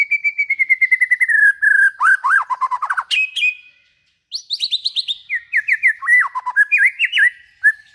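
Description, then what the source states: White-rumped shama song: a long run of rapid repeated whistled notes drifting lower, varied chirps, then more varied and rising phrases after a brief pause. Long-duration lure call of white-rumped shama song.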